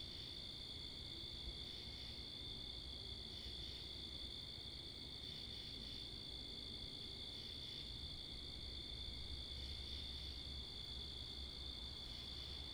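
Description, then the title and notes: Cricket: a steady chorus of crickets trills without pause, with faint swells along it, while wind and car noise rumble in the low range. Crickets recorded in Wakefield, Rhode Island, 10 October 2021 at 11:35pm, facing northeast, with two Rode NTG-3 shotgun mics on a Sound Devices MixPre 10ii; cars and wind present. "Oct 10th 2021 11:35pm Wakefield, Rhode Island. Crickets, Cars, and Wind"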